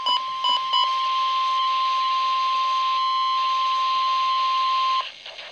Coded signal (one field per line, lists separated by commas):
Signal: Emergency Alert System (SAME) tones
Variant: 1050 Hz attention tone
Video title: Real EAS #338 - Tornado Warning